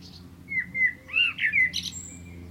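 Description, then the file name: Common blackbird song phrase: mellow fluted whistles sliding around a mid pitch, then a short burst of high, squeaky twittering at the end. "Turdus merula"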